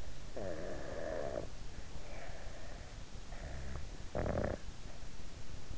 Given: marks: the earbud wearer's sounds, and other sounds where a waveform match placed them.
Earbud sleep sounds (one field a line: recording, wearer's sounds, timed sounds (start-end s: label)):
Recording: sounds in sleep by an in-ear microphone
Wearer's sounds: snoring breath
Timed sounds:
0.07-2.79 s: snoring breath
3.24-5.13 s: snoring breath